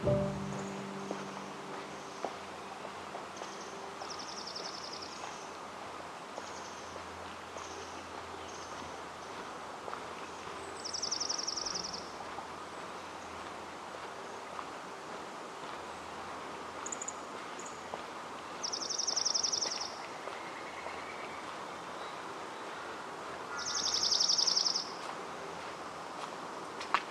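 A quiet stretch of forest in the Upper Macleay section of Forest Park, Portland, Oregon, with a steady low hush throughout. High, bright bird calls break through in short bursts around 5, 11, 19 and 24 seconds, with a few faint chirps and ticks in between.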